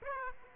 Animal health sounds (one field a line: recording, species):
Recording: mosquito wingbeat signal from an infrared sensor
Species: Aedes aegypti